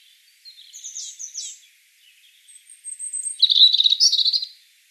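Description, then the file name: European robin song: a short varied high phrase, then a thin drawn-out whistle and a rapid, shimmering trill of bright notes. "Erithacus rubecula"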